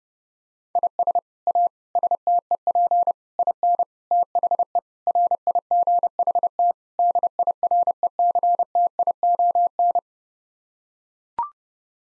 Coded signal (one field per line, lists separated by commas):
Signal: Morse code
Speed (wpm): 30 wpm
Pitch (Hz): 700 Hz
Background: none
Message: IS A STEP IN THE RIGHT DIRECTION